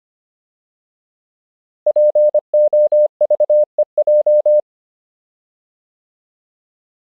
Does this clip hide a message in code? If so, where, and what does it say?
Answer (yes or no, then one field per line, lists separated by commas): yes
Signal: Morse code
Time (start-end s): 1.9-4.6 s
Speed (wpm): 25 wpm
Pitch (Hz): 600 Hz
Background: none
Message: POVEJ